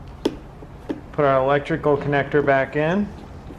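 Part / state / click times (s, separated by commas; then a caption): wiring connector into window switch / not seated / none. A wiring connector is handled while it is being pushed back onto the window switch in the door of a 2005–2011 Cadillac STS during a switch replacement. A sharp tick is heard at 0.3 s, followed by someone talking. Nothing has seated or clicked yet.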